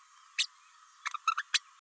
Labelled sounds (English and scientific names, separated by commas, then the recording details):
Green-rumped Parrotlet (Forpus passerinus) babbling
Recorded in a nest box in Venezuela
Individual 18B104A5